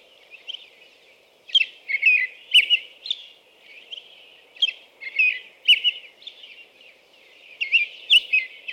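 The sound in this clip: American robin song: clusters of whistled phrases in three groups, each followed by a pause.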